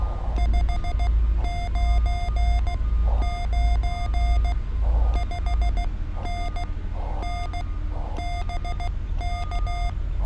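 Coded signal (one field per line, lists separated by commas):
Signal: Morse code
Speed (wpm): 16 wpm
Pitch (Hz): 2100 Hz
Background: none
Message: 599 5NN BK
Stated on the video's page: YL CW POTA activation at Biscayne National Park using a mast-mounted antenna on a hot day.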